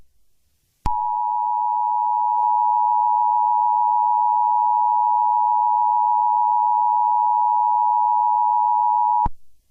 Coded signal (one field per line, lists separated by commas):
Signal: Emergency Alert System (SAME) tones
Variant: 853 and 960 Hz attention tone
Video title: EAS Recreation: Tsunami Warning, Puerto Rico Great Shake Out 10/15/2020